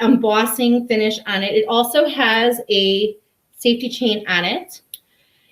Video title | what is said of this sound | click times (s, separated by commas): Weekly Collection: Pretty As A Peacock | just in pristine condition you can see the clasp pops right in it's nice and tight | 4.9 s